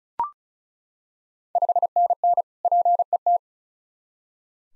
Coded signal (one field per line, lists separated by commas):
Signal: Morse code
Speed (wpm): 36 wpm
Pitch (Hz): 700 Hz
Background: none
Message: 5NN PET